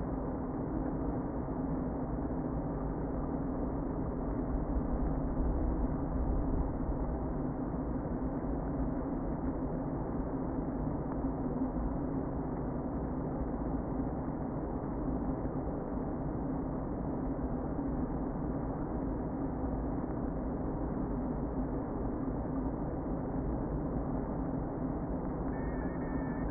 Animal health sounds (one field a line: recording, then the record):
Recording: honeybee colony, microphone inside the hive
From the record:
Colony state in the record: queen present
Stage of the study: before two queens were removed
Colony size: about 60,000 bees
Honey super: yes